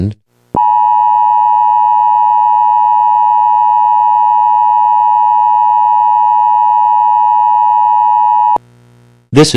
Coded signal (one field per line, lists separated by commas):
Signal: Emergency Alert System (SAME) tones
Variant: 853 and 960 Hz attention tone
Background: speech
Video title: EAS Broadcast 2 0